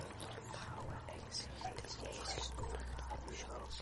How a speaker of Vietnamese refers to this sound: Ông ta múc nước từ đó lên rồi dội thẳng vào người cô gái.